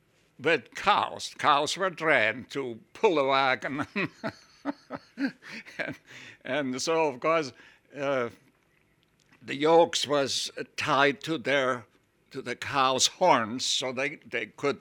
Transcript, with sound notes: But cows – cows were trained to pull a wagon (he laughs) and so, of course, the yokes was tied to their, to the cows horns so they could